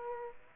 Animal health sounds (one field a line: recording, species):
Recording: mosquito wingbeat signal from an infrared sensor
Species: Aedes aegypti